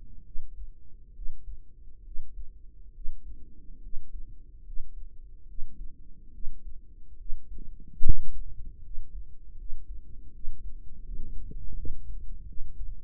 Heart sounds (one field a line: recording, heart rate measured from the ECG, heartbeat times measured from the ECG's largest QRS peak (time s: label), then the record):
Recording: heart sounds by microphone in the right ear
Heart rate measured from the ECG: 74 bpm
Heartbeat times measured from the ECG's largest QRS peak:
0.22 s: heartbeat
1.12 s: heartbeat
2.02 s: heartbeat
2.91 s: heartbeat
3.79 s: heartbeat
4.63 s: heartbeat
5.45 s: heartbeat
6.30 s: heartbeat
7.16 s: heartbeat
8.00 s: heartbeat
8.80 s: heartbeat
9.55 s: heartbeat
10.30 s: heartbeat
11.02 s: heartbeat
11.74 s: heartbeat
12.45 s: heartbeat
From the record:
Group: healthy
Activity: rest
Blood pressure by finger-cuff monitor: 117/59 mmHg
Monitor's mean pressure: 74 mmHg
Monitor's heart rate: 70 bpm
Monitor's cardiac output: 5.9 L/min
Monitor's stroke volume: 84 mL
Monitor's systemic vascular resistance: 890 dyn s/cm5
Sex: female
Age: 32 years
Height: 168 cm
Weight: 61.9 kg